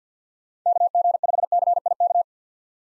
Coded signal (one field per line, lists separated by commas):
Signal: Morse code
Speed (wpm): 50 wpm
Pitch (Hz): 700 Hz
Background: none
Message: KG5CIK